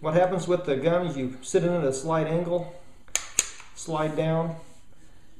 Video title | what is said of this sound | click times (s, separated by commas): Versacarry IWB system with a Taurus PT740 | locks into place | 3.1 s, 3.4 s